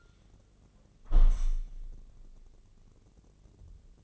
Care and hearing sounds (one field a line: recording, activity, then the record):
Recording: daily activity, microphone in the room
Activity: close window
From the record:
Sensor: 4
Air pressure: 1013.1 hPa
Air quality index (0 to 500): 165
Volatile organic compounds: 2 ppm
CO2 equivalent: 1044 ppm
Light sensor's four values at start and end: 38/94/38/40 and 38/94/38/39